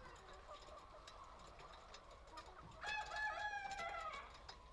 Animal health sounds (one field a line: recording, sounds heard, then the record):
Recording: poultry house recording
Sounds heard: healthy chickens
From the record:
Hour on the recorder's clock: 1